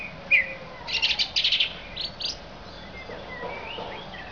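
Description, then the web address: Thrush song: a short sharp note, then a burst of rapid buzzy repeated notes, followed by a few softer whistled phrases against faint background noise. "Zingende lijster"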